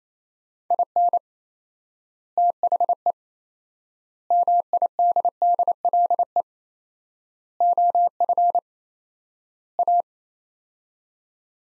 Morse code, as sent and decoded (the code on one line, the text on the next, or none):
.. -. / - .... . / -- .. -.. -.. .-.. . / --- ..-. / .-
IN THE MIDDLE OF A